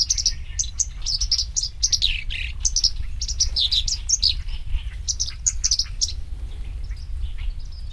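Black-browed reed warbler song: rapid, repeated high chattering notes mixed with buzzy dips, continuous for about six seconds and then fading, with a low rumble beneath.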